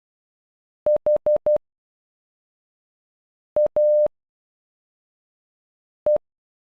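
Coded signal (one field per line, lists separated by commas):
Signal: Morse code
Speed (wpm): 11 wpm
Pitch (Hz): 600 Hz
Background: none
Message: H A E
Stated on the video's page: Morse code for a single name, sent at normal speed and at half speed.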